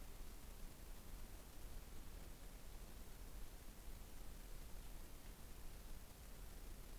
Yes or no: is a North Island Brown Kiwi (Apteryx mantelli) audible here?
no